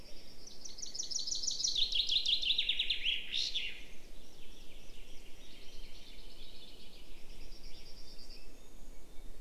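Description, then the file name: Common chaffinch singing one rattling phrase that steps downward through quick repeated notes and closes with an emphatic terminal flourish, followed by quieter song over constant low-pitched noise. "Fringilla coelebs"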